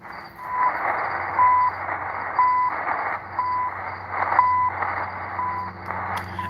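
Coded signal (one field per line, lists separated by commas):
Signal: radio time signal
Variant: CHU Canada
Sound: short steady 1 kHz beeps, one per second, seven in total, over hissy shortwave static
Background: radio static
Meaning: Each beep marks the start of a second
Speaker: 5 Kil kilowatt time signal from yeah Ottawa Canada I think it's the national research [Applause] Council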